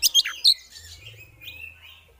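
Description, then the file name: Oriental magpie-robin chirps: three loud, sharp high notes in quick succession, then faint thin whistles trailing off. Female bird; therapy audio; 'ngeriwik ngeplong' style of calling. "Terapi Suara Burung Kacer Betina Ngeriwik Ngeplong"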